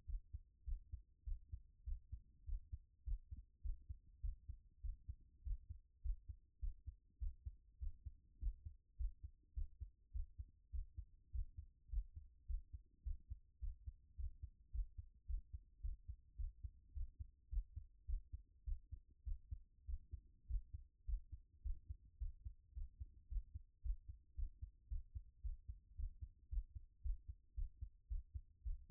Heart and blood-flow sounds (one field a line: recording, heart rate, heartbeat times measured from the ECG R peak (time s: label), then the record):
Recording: heart sounds by stethoscope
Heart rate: 105 bpm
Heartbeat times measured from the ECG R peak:
0.05 s: heartbeat
0.64 s: heartbeat
1.24 s: heartbeat
1.84 s: heartbeat
2.45 s: heartbeat
3.04 s: heartbeat
3.62 s: heartbeat
4.21 s: heartbeat
4.81 s: heartbeat
5.43 s: heartbeat
6.02 s: heartbeat
6.60 s: heartbeat
7.19 s: heartbeat
7.79 s: heartbeat
8.39 s: heartbeat
8.97 s: heartbeat
9.54 s: heartbeat
10.12 s: heartbeat
10.71 s: heartbeat
11.31 s: heartbeat
11.89 s: heartbeat
12.46 s: heartbeat
13.03 s: heartbeat
13.60 s: heartbeat
14.16 s: heartbeat
14.71 s: heartbeat
15.26 s: heartbeat
15.81 s: heartbeat
16.36 s: heartbeat
16.93 s: heartbeat
17.49 s: heartbeat
18.06 s: heartbeat
18.65 s: heartbeat
19.24 s: heartbeat
19.86 s: heartbeat
20.47 s: heartbeat
21.05 s: heartbeat
21.62 s: heartbeat
22.18 s: heartbeat
22.74 s: heartbeat
23.28 s: heartbeat
23.82 s: heartbeat
24.35 s: heartbeat
24.88 s: heartbeat
25.42 s: heartbeat
25.96 s: heartbeat
26.49 s: heartbeat
27.02 s: heartbeat
27.55 s: heartbeat
28.08 s: heartbeat
28.63 s: heartbeat
From the record:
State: at rest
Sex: female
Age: 24 years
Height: 178 cm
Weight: 71 kg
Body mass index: 22.41